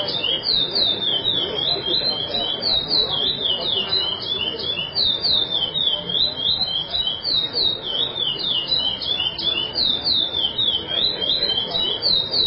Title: Canto De Curio